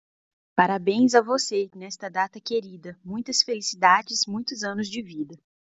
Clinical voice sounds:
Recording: short text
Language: Brazilian Portuguese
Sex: female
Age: 30 to 39 years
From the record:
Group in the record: control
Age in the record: 36 years

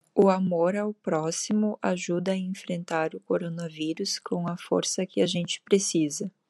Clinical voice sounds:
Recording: spoken sentence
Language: Brazilian Portuguese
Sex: female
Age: 30 to 39 years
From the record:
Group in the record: control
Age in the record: 39 years

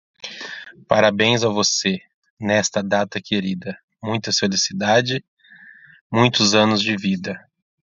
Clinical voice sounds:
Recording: short text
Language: Brazilian Portuguese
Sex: male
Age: 40 to 49 years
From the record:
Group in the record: control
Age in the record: 42 years

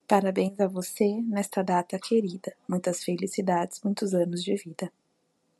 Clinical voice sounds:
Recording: short text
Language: Brazilian Portuguese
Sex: female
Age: 30 to 39 years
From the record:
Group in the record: control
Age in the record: 33 years

